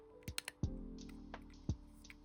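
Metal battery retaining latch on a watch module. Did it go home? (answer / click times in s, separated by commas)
yes / 0.4 s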